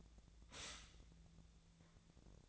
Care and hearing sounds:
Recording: daily activity, microphone in the room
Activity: stop toaster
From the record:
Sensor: 3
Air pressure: 1009.3 hPa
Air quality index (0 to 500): 198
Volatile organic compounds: 16 ppm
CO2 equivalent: 2561 ppm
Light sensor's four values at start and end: 31/79/33/35 and 32/79/33/36

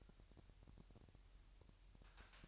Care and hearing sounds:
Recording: daily activity, microphone in the room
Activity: take from stove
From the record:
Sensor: 2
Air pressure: 1001.8 hPa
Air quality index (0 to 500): 241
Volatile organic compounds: 32 ppm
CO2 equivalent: 2991 ppm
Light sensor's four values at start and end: 5/11/4/4 and 5/11/4/4

